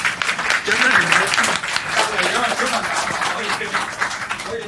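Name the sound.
audience applause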